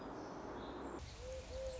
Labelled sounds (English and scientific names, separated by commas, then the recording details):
Song Sparrow (Melospiza melodia)
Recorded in Sonoma County, California